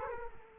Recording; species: mosquito wingbeat signal from an infrared sensor; Culex quinquefasciatus